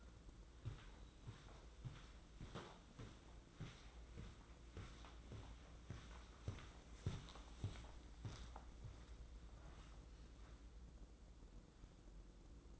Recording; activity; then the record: daily activity, microphone in the room; walk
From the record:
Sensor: 3